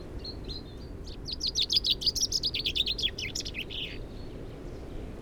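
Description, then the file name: Common chaffinch song: a run of rapid, ringing notes lasting about two and a half seconds, ending in a short lower flourish, against a noticeable hiss. "Fringilla coelebs"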